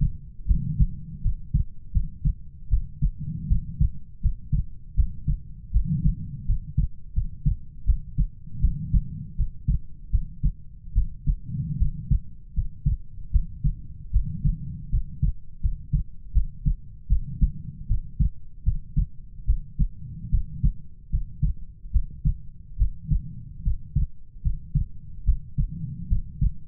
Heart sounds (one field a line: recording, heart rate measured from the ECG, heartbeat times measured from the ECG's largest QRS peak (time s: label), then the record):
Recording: heart sounds by stethoscope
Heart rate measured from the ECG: 77 bpm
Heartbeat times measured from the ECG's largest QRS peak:
0.46 s: heartbeat
1.21 s: heartbeat
1.92 s: heartbeat
2.69 s: heartbeat
3.47 s: heartbeat
4.20 s: heartbeat
4.95 s: heartbeat
5.71 s: heartbeat
6.45 s: heartbeat
7.13 s: heartbeat
7.85 s: heartbeat
8.60 s: heartbeat
9.35 s: heartbeat
10.10 s: heartbeat
10.93 s: heartbeat
11.77 s: heartbeat
12.53 s: heartbeat
13.31 s: heartbeat
14.11 s: heartbeat
14.89 s: heartbeat
15.60 s: heartbeat
16.32 s: heartbeat
17.07 s: heartbeat
17.87 s: heartbeat
18.63 s: heartbeat
19.45 s: heartbeat
20.30 s: heartbeat
21.10 s: heartbeat
21.91 s: heartbeat
22.77 s: heartbeat
23.63 s: heartbeat
24.42 s: heartbeat
25.24 s: heartbeat
26.08 s: heartbeat
From the record:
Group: healthy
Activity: rest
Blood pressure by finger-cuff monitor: 99/56 mmHg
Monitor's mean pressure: 70 mmHg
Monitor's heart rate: 79 bpm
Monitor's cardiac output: 7.3 L/min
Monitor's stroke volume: 93 mL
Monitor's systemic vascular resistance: 680 dyn s/cm5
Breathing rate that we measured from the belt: 21 breaths a minute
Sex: female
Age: 19 years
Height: 163 cm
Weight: 48.9 kg